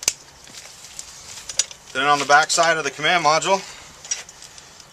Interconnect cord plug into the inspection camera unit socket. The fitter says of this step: your white arrow and push into you hear a click then